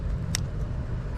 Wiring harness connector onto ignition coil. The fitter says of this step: And guys, put your wire back in. Make sure it clicks.